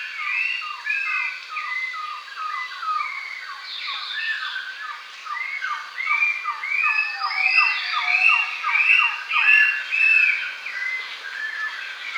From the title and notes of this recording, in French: A l'aube dans une forêt côtière (Brésil) by SolWind.